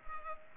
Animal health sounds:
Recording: mosquito wingbeat signal from an infrared sensor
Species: Culex pipiens

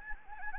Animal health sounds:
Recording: mosquito wingbeat signal from an infrared sensor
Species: Anopheles gambiae

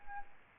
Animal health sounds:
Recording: mosquito wingbeat signal from an infrared sensor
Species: Aedes albopictus

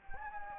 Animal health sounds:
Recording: mosquito wingbeat signal from an infrared sensor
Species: Anopheles gambiae

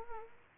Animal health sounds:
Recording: mosquito wingbeat signal from an infrared sensor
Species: Culex quinquefasciatus

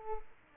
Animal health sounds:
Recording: mosquito wingbeat signal from an infrared sensor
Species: Aedes aegypti

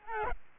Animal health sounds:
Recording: mosquito wingbeat signal from an infrared sensor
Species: Aedes albopictus

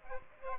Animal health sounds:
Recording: mosquito wingbeat signal from an infrared sensor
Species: Aedes aegypti

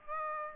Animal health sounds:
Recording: mosquito wingbeat signal from an infrared sensor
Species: Aedes aegypti

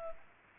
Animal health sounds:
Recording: mosquito wingbeat signal from an infrared sensor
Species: Culex pipiens

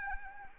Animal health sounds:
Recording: mosquito wingbeat signal from an infrared sensor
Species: Anopheles arabiensis

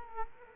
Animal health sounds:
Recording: mosquito wingbeat signal from an infrared sensor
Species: Culex quinquefasciatus

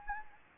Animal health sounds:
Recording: mosquito wingbeat signal from an infrared sensor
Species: Anopheles gambiae

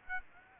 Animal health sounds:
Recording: mosquito wingbeat signal from an infrared sensor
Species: Aedes aegypti

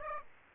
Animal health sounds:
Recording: mosquito wingbeat signal from an infrared sensor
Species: Aedes aegypti

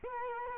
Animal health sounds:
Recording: mosquito wingbeat signal from an infrared sensor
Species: Culex quinquefasciatus

